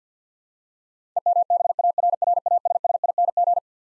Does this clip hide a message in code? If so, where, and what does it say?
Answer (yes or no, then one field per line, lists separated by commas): yes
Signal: Morse code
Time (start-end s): 1.2-3.6 s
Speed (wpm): 50 wpm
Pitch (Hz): 700 Hz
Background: none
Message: EMBARRASSING